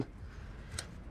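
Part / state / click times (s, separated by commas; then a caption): wiring harness connector into throttle body / seated / 0.8 s. A wiring harness electrical connector clip is pushed onto the throttle body of a 2003 Dodge Ram 1500 during reinstallation. A single short, sharp click at 0.8 s stands out over a low background hum, showing the connector has latched and is seated.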